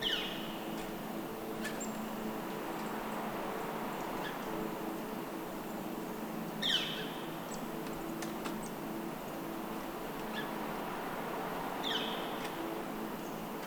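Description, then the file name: Northern flicker calls: three harsh, downslurred notes at irregular intervals, with a few faint ticks and a continuous low rumble underneath. Call recorded 24 November 2012 at 11:35. "Lewis S NOFL call"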